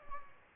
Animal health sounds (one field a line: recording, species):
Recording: mosquito wingbeat signal from an infrared sensor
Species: Aedes aegypti